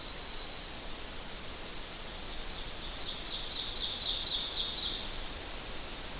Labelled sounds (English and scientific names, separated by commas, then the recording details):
Ovenbird (Seiurus aurocapilla) song
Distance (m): 45 m
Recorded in boreal forest in Alberta, Canada, on 12 June 2016 at 06:50
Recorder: SongMeter 3, array SBT-3-18
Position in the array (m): 246 m, 95 m
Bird 31